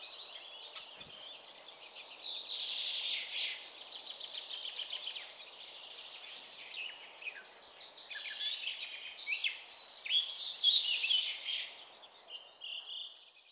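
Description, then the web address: Eurasian blackcap singing a long, rambling warble of rapid twittering and scratchy notes, with louder passages early on and late, the loudest holding bright whistled notes. Finland, during spring migration; featured among warblers of deciduous woodland. "mustapaakerttu hannes tiira. muuttolintukalenteri lehtimetsien lurittelijat lehtokerttu ja mustapaakerttu"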